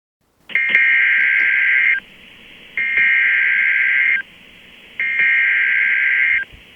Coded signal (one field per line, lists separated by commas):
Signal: Emergency Alert System (SAME) tones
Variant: header bursts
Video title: Storm of the century EAS scenario